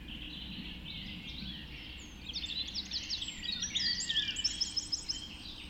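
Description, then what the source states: Birds in a birds, quiet at first, then several birds join with rapid high trills and chirping phrases that grow busier toward the end. Birds just after dawn in the Forest of Dean.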